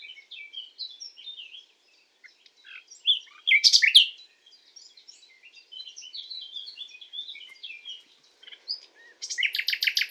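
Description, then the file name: Common nightingale song with varied chirps and short whistles, a sharp loud burst around four seconds, and a fast rattling trill closing the phrase. "Luscinia megarhynchos"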